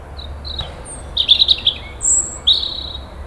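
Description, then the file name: European robin song fragment: a few brief, very high thin notes, a short twittering cluster and drawn-out high whistles, over faint low background hum. "Erithacus rubecula"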